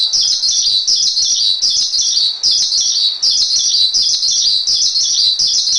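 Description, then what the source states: Asian pied starling repeating a short high chattering phrase over and over, the bursts nearly identical. Master training recording.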